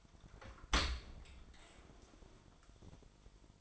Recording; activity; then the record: daily activity, microphone in the room; open dishwasher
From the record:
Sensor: 5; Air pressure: 1003.2 hPa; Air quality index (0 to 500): 131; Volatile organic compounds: 1 ppm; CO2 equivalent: 956 ppm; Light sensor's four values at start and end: 116/281/117/134 and 110/266/111/128